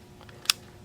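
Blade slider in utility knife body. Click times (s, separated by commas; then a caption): 0.5 s. The blade slider of a Knipex CutiX snap-off utility knife is moved to the concealed position in the knife body. Two faint ticks at 0.2 and 0.3 s come before one sharp, bright click at 0.5 s as the slider locks into its detent.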